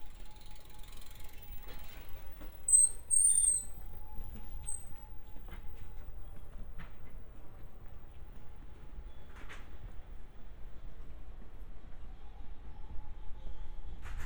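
Walking in Funabashi, Chiba, Japan: a steady low rumble of traffic with a faint ongoing tone, brief high squeaks near three seconds, and scattered clicks.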